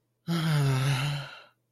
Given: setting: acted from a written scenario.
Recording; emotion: vocal sound without words; disappointment